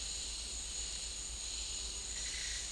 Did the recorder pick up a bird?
no